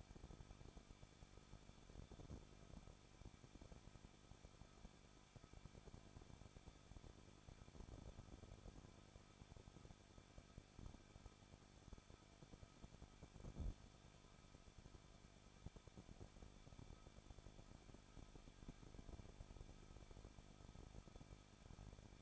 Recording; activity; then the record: daily activity, microphone in the room; no activity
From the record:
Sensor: 5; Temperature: 20.8 degrees Celsius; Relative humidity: 38.6%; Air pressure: 1006.5 hPa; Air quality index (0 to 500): 192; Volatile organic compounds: 21 ppm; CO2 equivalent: 2709 ppm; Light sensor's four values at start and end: 2/3/1/1 and 2/3/1/1